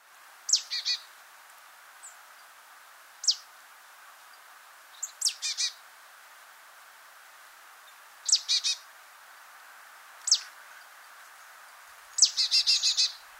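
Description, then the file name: Marsh tit giving short, sharp, high clusters of notes in irregular bursts a couple of seconds apart, with a soft steady hiss underneath. "Poecile palustris"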